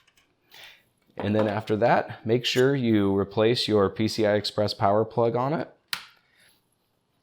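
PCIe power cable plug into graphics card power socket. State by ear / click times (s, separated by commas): seated / 5.9 s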